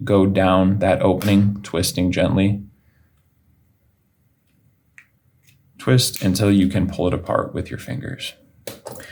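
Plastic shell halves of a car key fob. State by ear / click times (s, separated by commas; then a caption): released / 5.0 s. A flathead screwdriver in the bottom slot of a plastic Nissan Titan (2016–2022) key fob is twisted gently to split the two shell halves. Someone talks, then after a quiet pause a single sharp snap is heard at 5.0 s as the case clicks open and releases, and the talking resumes.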